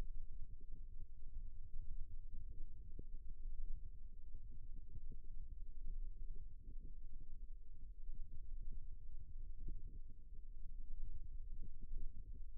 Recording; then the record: forearm muscle sounds (acoustic myography)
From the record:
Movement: rest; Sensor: system 1, eight BSWA MPA416 microphones around the upper forearm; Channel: 5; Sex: male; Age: 54 years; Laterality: right